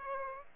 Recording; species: mosquito wingbeat signal from an infrared sensor; Aedes aegypti